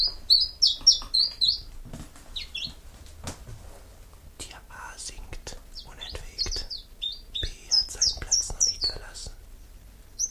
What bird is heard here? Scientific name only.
Phylloscopus collybita